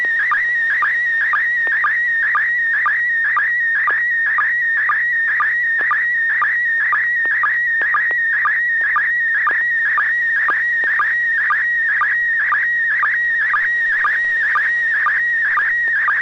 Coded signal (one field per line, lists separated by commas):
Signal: SSTV (slow-scan television)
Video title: N6NA SSTV Net - 10/12/2022